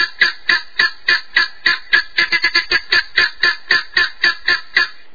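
Guineafowl giving a harsh, rasping cackle repeated rapidly, about four notes a second, with a brief faster burst in the middle.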